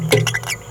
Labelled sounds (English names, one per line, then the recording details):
Green-rumped Parrotlet babbling
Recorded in a nest box in Venezuela
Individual 18B17A3